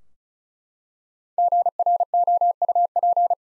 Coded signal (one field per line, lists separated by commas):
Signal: Morse code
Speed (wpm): 36 wpm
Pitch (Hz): 700 Hz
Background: none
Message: GROUP